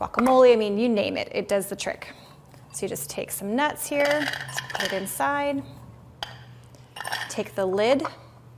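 Someone talks while nuts are put into the bowl of a hand-powered food chopper and its plastic lid is handled over the bowl, with a few light clinks and knocks near the end. Nothing has seated or clicked yet; the lid is not yet locked into place.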